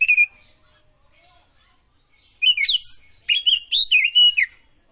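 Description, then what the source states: Oriental magpie-robin: a brief whistle, a pause, then an energetic phrase of rising and falling whistled notes. Kacer Tretes type, singing prolifically (gacor).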